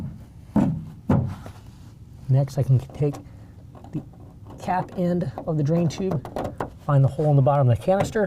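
Someone talks while handling the plastic cap end of a drain tube, finding the hole in the bottom of the drain canister on a Pace Edwards Full Metal JackRabbit tonneau cover on a 2019 Dodge Ram 1500, with faint handling knocks around 3.8 and 4.1 seconds. Nothing has seated or clicked yet.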